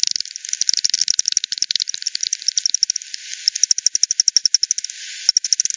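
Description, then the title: Bat echolocation clicks in quick rhythmic series, a short quieter gap near the end, then another burst of rapid ticking. Multiple bats at the Hogsmill River, Hogsmill Lane, 7 October 2020 at 18:10 UTC; recorded with frequency division by ten, band-pass filtered and resampled. "WW bat 20201007 T 18 : 10 Z-Hogsmill-Lane-Hogsmill-River-multiple-bats"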